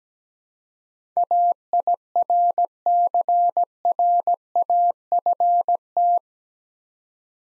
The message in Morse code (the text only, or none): AIRCRAFT